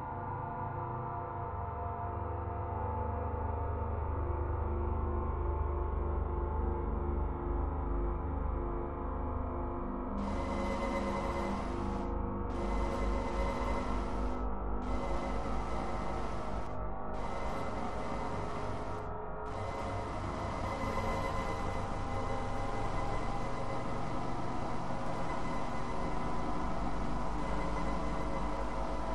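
Digitally processed sounds made from Niagara Falls form a dense, low, grumbling drone of layered tones that holds steady throughout. From about 10 to 19 seconds, five bright hissing bursts cut in and out at a regular pace, each lasting roughly two seconds.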